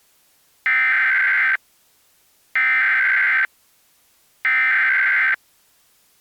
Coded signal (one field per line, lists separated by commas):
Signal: Emergency Alert System (SAME) tones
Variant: header bursts